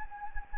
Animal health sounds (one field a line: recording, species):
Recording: mosquito wingbeat signal from an infrared sensor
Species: Anopheles gambiae